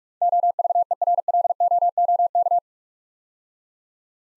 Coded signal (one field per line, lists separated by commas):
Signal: Morse code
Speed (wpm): 47 wpm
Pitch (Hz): 700 Hz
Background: none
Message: OVERLOOK